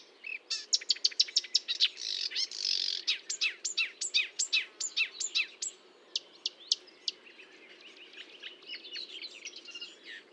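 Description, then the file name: Marsh warbler song: quick scratchy chatter and harsh buzzes early on, easing into softer, sparser high notes toward the end. Recorded at Fontaine-Française (Fourneau), France, on 1 June 2022 at 10:55, with a Nagra recorder and Telinga microphone. "Rousserolle verderolle 1055 Fontaine-Francaise-Fourneau"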